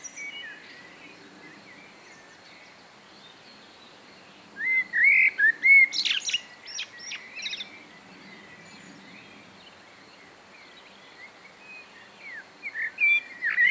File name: Mirlo comun